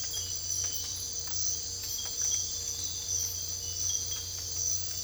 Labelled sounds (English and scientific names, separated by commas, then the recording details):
none
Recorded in dense forest near Puerto Asís, Putumayo, Colombia, on 22 December 2024 at 04:30
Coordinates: 0.485, -76.318
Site GP03